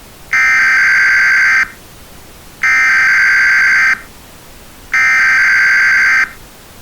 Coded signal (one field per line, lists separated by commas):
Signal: Emergency Alert System (SAME) tones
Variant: header bursts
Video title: i uploaded my old unfinished eas scenario from 2 years ago because bored